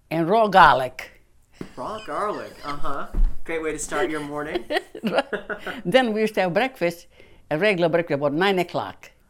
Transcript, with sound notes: and raw garlic.
Raw garlic. Uh-huh. A great way to start your morning. ( they laugh )
Then we used to have breakfast, a regular breakfast, about nine o'clock.